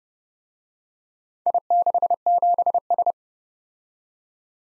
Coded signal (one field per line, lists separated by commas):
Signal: Morse code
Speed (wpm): 30 wpm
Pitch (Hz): 700 Hz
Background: none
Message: I67S